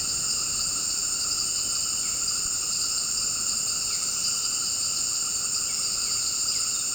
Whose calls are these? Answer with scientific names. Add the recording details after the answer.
none. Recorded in dense forest near Puerto Asís, Putumayo, Colombia, on 18 February 2024 at 18:30. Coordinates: 0.486, -76.316. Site G6437